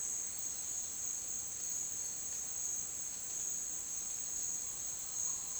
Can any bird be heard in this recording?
no